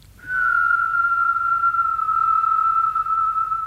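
A person whistles one long, steady high note that holds for a few seconds, drifting only slightly lower in pitch, with no talking around it.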